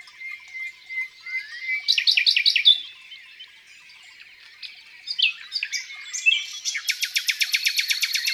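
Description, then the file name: Common nightingale song starting with a steady whistle, then rapid repeated chopped notes, a pause, quick slurred notes and a long high buzzy rattle. Song in the countryside. "Rossignol philomele Chants doiseaux dans la campagne"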